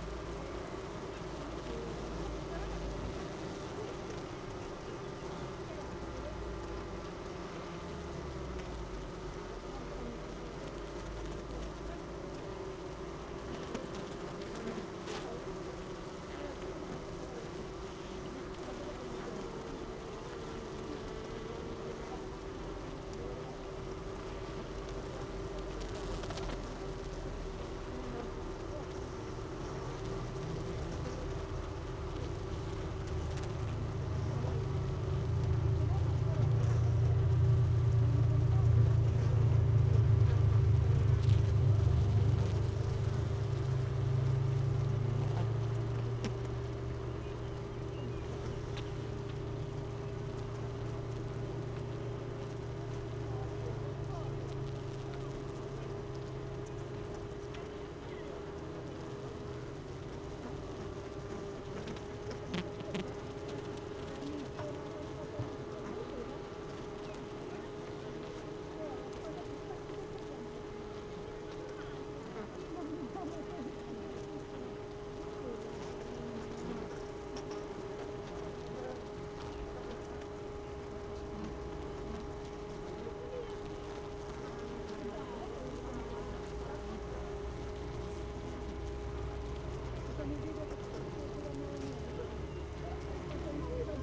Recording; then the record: honeybee colony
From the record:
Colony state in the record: missing queen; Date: 31 May 2018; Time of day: 16:22